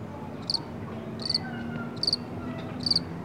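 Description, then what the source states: Cricket chirping, short high trilled pulses repeated about every 0.8 seconds over low traffic noise. Outdoors with traffic in the background.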